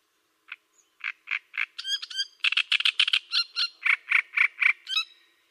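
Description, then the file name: Great reed warbler singing a loud, grating phrase of rapid repeated croaky notes, some doubled, mixed with sharp squeaky higher notes, with no other sounds. "Cannareccione"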